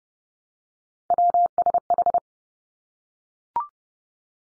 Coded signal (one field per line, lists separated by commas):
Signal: Morse code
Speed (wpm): 30 wpm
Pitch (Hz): 700 Hz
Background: none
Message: WSH